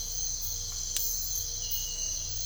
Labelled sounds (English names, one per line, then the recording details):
none
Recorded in secondary vegetation near Puerto Asís, Putumayo, Colombia, on 21 December 2024 at 05:30
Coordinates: 0.498, -76.327
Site GP07